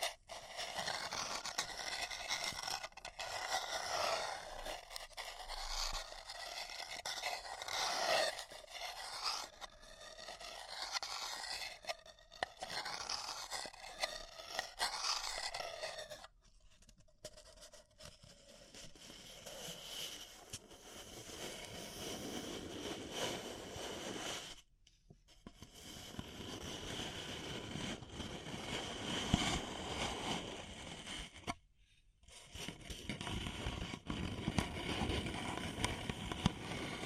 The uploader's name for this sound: Paper Cup Tingles